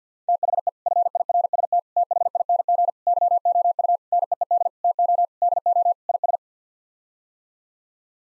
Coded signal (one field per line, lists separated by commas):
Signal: Morse code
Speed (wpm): 50 wpm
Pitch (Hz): 700 Hz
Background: none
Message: THE FIRST THING YOU NEED TO DO IS